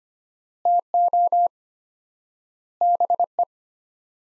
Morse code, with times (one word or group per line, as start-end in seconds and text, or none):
0.7-1.5 TO
2.8-3.4 BE